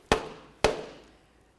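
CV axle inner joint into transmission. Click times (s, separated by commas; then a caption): 0.6 s. The inner end of a new front driver-side CV axle on a 2004-2006 Scion xB is driven into the transmission with a rubber mallet. Two sharp blows land, at about 0.1 s and 0.6 s, each trailing off in a short decay. The second blow at 0.6 s sounds different, as the axle's retaining clip pops into place and the axle seats.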